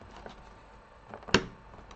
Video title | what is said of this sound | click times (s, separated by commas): How to: Install key components on your motherboard: RAM, CPU and M.2 Drive | it snaps back into place it took a little bit of traveling you guys in the correct position but it is there it is in place it is locked on both sides both sides clicked | 1.3 s